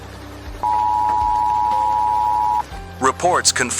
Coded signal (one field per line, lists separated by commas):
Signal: Emergency Alert System (SAME) tones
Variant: 853 and 960 Hz attention tone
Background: speech, music